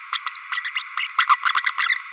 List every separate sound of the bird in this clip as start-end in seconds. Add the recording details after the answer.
0.12-0.21, 0.26-0.35, 0.51-0.60, 0.64-0.71, 0.97-1.08, 1.18-1.27, 1.45-1.53, 1.56-1.61. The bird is a female. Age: 32 days. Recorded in a nest box in Venezuela. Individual 17B32A5